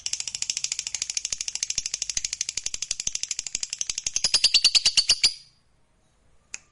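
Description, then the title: Lovebird producing a long rapid rattle of buzzy trilled notes for about five seconds, then falling silent except for one last squeak. Fighter-type lovebird singing energetically (gacor). "Berkat SUARA Lovebird FIGHTER GACOR Ini"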